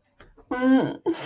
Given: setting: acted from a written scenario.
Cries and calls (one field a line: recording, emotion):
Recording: vocal sound without words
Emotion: shame